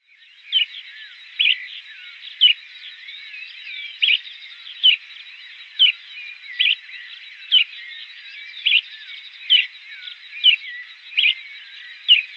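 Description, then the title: Bran-colored flycatcher calling, a short sharp chirp repeated about once a second at an uneven pace, with fainter twittering notes in between. "LuckyPassaro Completos2Sama. Bran-colored Flycatcher (Myiophobus fasciatus)"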